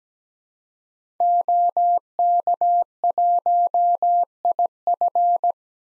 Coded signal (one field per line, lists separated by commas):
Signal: Morse code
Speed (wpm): 17 wpm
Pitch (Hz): 700 Hz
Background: none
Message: OK1IF